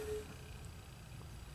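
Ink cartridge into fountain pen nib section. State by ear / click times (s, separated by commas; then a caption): not seated / none. An ink cartridge is lined up at the end of a fountain pen's nib section, ready to be pushed on. Only a low, steady rumble and faint background hiss are heard, with a brief soft tone at the very start. Nothing has seated or clicked yet.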